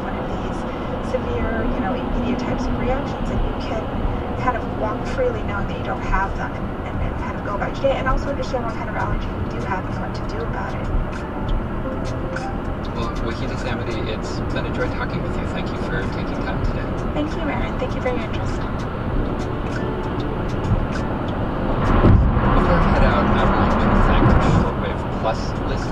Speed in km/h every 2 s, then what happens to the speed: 105, 105, 108, 109, 108, 109, 109, 113, 113, 114, 114, 116, 114.
0-26 speeds up to 114.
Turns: none.